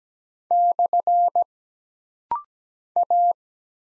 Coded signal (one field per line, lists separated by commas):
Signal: Morse code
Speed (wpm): 17 wpm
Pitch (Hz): 700 Hz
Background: none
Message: / A